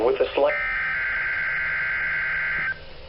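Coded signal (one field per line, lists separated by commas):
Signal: Emergency Alert System (SAME) tones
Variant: header bursts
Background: speech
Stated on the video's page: Weekly tests received on a Midland WR300 weather radio.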